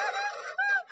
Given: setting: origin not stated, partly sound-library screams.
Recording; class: one-second piece from a danger detection set; woman in danger